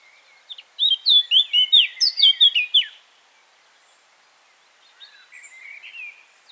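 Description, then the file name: Eurasian blackcap song: a fast, rich warble of slurred high notes lasting about two seconds, followed after a pause by a quieter, scratchier phrase. "Sylvia atricapilla"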